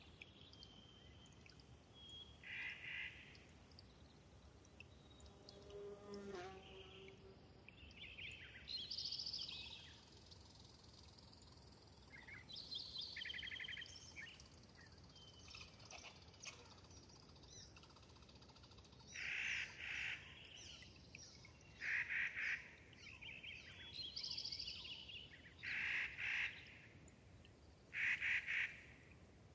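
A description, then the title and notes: Birds call across a wet subalpine meadow, with short bright chirps and trills coming in bursts, busiest after the twenty-second mark. A low, steady hiss runs underneath throughout, and a brief rapid rattling call stands out around six seconds. Thirtymile Meadows is a wet, subalpine meadow high in the Okanogan National Forest. A natural shallow bowl, it collects meltwater from each winter and slowly drains away through innumerable soft tinkling streams. When I visited in the Summer of 2019 I was never certain where the next morning's dawn chorus would arrive from.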